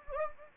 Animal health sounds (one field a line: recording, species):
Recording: mosquito wingbeat signal from an infrared sensor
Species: Anopheles gambiae